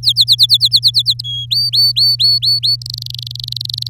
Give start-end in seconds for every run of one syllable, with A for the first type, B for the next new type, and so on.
0.03-1.22 A, 1.24-1.46 B, 1.50-2.76 C, 2.81-3.88 D